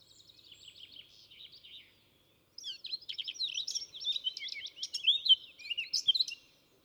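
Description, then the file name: Eurasian blackcap song, a soft quiet chattering start, a brief pause, then a loud rich warble of fast varied whistled and scratchy notes. "Sylvia atricapilla"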